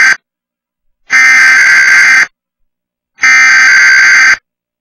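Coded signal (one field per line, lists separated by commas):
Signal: Emergency Alert System (SAME) tones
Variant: header bursts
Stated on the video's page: Required Weekly Test shown by the TWC TV app on Roku, appearing repeatedly for unrelated cities due to a glitch.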